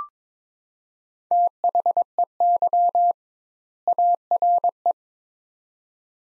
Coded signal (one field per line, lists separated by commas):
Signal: Morse code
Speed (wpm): 22 wpm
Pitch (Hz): 700 Hz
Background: none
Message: THEY ARE